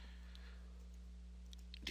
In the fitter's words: until you hear the plastic snap in place do